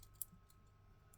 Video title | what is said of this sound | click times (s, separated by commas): [15] Unlocking My Lab for @OtterArms #OA1K | twisting it snaps in place | 0.2 s